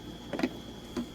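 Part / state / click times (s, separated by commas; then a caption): filter cartridge into countertop reverse osmosis unit / not seated / none. A filter cartridge is inserted into a Waterdrop C2SL countertop reverse osmosis unit and turned clockwise toward its lock. A quick burst of three small ticks comes around 0.3–0.4 s, then one softer tick near 1.0 s, over a faint steady high tone. The clip ends before the cartridge goes home, so nothing has seated or clicked into place yet.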